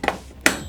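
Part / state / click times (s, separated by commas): CPU cooler push pin into motherboard mounting hole / seated / 0.5 s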